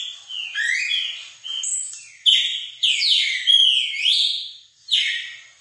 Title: Canto Galo Campina Fêmea. ESQUENTAR SEU GALO CAMPINA COM O MELHOR CANTO DO GALO DE CAMPINA